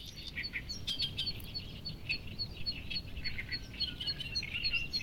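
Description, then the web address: Birds chirping together, a rapid series of high thin notes and scattered twitters, steady throughout over quiet low background noise. "yacho koe 190621"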